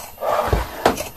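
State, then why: Not seated. A plastic Russell Hobbs vacuum wand tube is pushed into the neck of its floor tool, giving a dull low thump at about 0.5 s and a sharper knock at 0.9 s. The wand has not clicked or locked into the floor tool.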